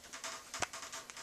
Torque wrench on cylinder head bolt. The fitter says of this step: you hear the click